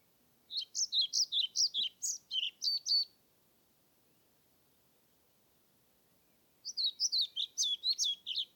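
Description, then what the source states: European Pied Flycatcher singing a lively, high, rhythmic phrase of many chirpy notes, then a pause and a second similar phrase that starts up again. Submitted recording made 25 May 2021 at Nordvik, with a Zoom recorder.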